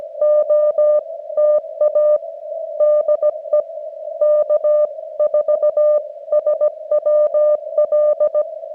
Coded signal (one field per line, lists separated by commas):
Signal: Morse code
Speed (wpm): 17 wpm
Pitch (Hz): 600 Hz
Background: none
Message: OTA DE K4SWL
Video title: CW Zero 2 On Air - Get On Air